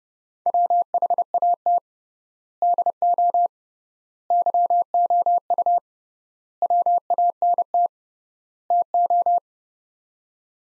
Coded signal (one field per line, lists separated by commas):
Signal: Morse code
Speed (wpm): 30 wpm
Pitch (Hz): 700 Hz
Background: none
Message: WHAT DO YOU WANT TO